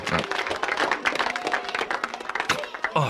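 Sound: applause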